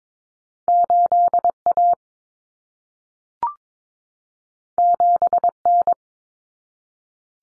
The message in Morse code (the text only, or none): 8A 7N